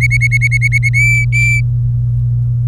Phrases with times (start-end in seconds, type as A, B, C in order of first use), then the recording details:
0.01-0.89 A, 0.93-1.61 B. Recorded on 24 April 2018 at 11:29. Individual llb3